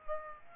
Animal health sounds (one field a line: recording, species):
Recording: mosquito wingbeat signal from an infrared sensor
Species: Aedes aegypti